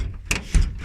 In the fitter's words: That's not fully closed.